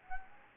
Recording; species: mosquito wingbeat signal from an infrared sensor; Anopheles gambiae